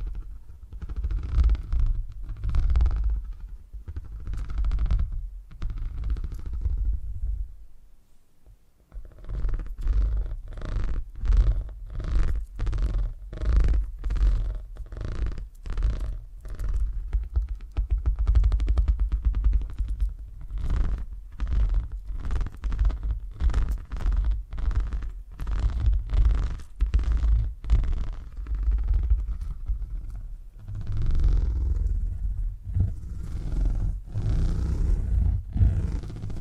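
Deep purring fills the recording with a low, continuous rumble, broken by a near-silent pause around eight seconds. From about ten to thirty seconds, regular crisp ticks or taps pulse quickly over the purr, then the rumble swells again toward the end.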